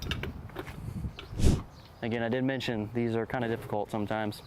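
A firefighter handles and lines up the Storz couplings of two fire hose sections, making short knocks and scrapes in the first half-second and at about 1.2 s, with a brief louder rushing burst near 1.5 s. From about 2.0 s someone talks. The couplings have not locked or clicked yet.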